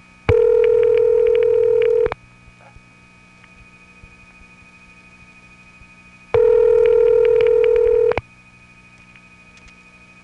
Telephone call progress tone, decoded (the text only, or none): ringback tone